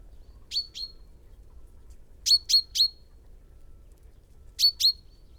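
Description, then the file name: Common chaffinch uttering clipped, high 'pink' calls: a softer pair, then a louder trio, then another pair, with low background hum. "Fringilla coelebs"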